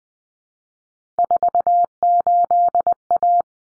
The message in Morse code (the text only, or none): 48A